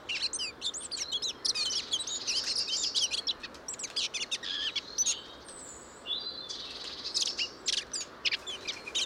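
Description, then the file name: Eurasian blackcap singing a dense, scratchy chatter of high notes, with a brief pause midway before the warbling resumes. "Sylvia atricapilla"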